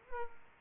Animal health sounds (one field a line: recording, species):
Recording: mosquito wingbeat signal from an infrared sensor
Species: Aedes aegypti